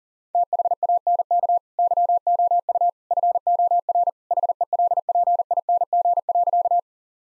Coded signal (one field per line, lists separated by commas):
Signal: Morse code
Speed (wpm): 40 wpm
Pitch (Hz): 700 Hz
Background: none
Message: THANK YOU FOR HELPING.